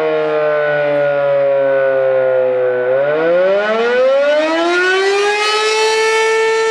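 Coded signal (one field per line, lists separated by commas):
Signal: siren signal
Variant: Federal Signal Model 7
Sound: loud mechanical siren holding a low tone, then winding up higher in pitch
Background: outdoor ambience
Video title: (8 Port) Fedelcode Model 7 Siren Test, Attack, Marseilles, IL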